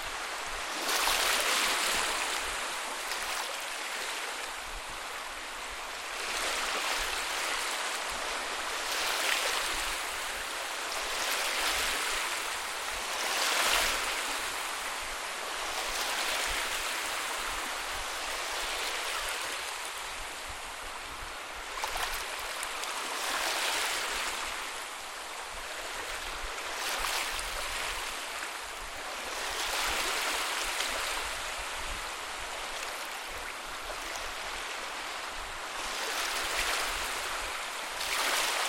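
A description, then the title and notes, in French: Gentle waves wash in with a soft, steady hiss that fills the middle and upper range. Every few seconds a slightly louder surge rises and falls back, around 13 and 22 seconds especially, with no other sounds standing out. Bruit calme des vagues en fin de journée (bruit blanc). Doux bruit des vagues.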